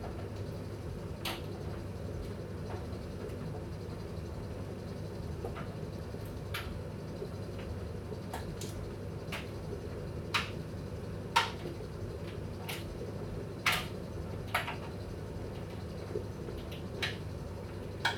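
An electric dryer runs with a steady low hum and a constant wash of noise that never changes over the whole stretch. Short clicks and taps from tumbling contents cut through every second or two, a few louder ones near the end.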